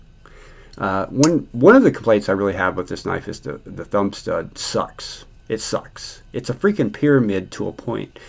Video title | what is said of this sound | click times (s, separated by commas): Chris Reeves Small Sebenza 31 - Knife Overview | then the lockup sounds amazing uh | 0.3 s